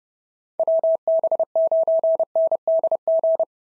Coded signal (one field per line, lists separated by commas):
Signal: Morse code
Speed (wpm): 30 wpm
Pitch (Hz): 650 Hz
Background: none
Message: WB9NDG